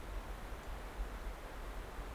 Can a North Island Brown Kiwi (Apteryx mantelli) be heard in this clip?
no